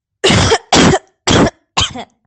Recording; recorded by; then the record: voluntary cough; messaging app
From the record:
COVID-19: negative